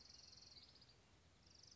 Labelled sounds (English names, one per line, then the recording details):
Orange-crowned Warbler
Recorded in Sonoma County, California